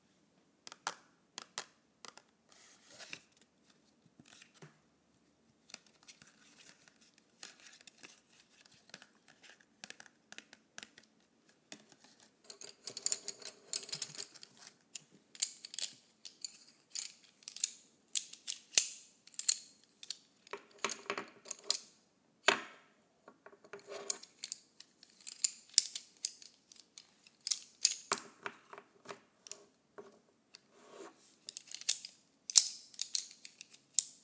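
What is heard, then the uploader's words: Colored pencils scratch and tap in dense bursts of short, bright strokes. Quieter, sparser taps open the first twelve seconds, then the scratching grows louder and busier, with brief pauses between flurries. A faint low hum sits underneath. ASMR Colored Pencils.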